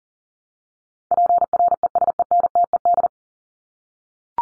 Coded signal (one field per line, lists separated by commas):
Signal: Morse code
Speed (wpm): 40 wpm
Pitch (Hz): 700 Hz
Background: none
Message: PRESENTED